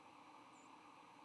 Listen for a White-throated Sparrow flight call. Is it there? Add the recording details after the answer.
yes. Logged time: 10:20 on 9 November 2014